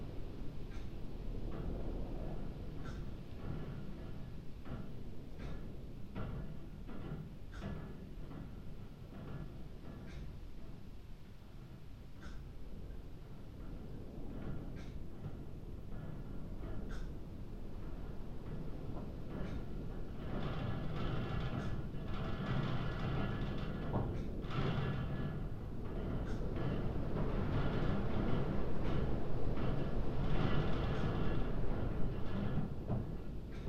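Wind gusts buffet a church belfry at night, a dense, low rumble that surges and eases, growing louder and hissier from about twenty seconds on. Beneath it, the old clock ticks steadily with faint, sharp clicks at a regular pace.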